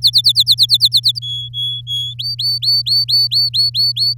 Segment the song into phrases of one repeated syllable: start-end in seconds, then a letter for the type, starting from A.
0.02-1.19 A, 1.22-2.14 B, 2.19-4.14 C